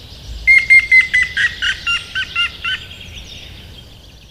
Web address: agykontroll Madardalok Cd 1. Hamvas küllő